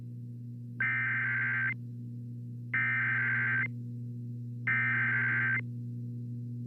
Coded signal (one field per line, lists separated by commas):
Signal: Emergency Alert System (SAME) tones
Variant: header bursts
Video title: Tornado Warning EAS in Colby, Kansas